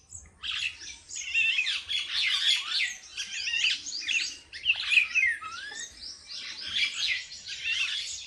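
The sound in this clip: Bird song, harsh squawky chatter mixed with bright twittering phrases, delivered in dense bursts, with a descending whistled slur in the middle.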